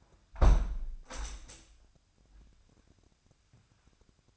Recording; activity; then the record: daily activity, microphone in the room; close window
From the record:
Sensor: 2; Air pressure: 997.8 hPa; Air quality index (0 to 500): 129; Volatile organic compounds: 3 ppm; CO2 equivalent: 1457 ppm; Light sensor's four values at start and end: 11/31/13/12 and 11/32/13/12